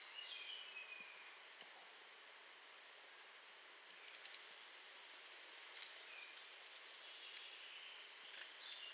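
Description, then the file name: European robin giving thin, high, downslurred whistles at irregular intervals, mixed with sharp clicking tick notes and a faint lower twittering. "Erithacus rubecula"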